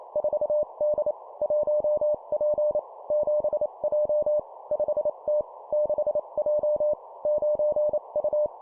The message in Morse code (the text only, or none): 4D 1P 7J 5T 6J 9U